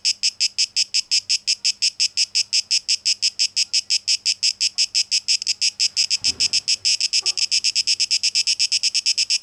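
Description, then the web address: Cicada song in crisp, rapid buzzing pulses, with a brief low thump late on, after which the pulses grow denser. Cicadas in a tape echo mix, dated 12 August 2023. "rauschpartikel Audio 2023-08-12 Zikaden"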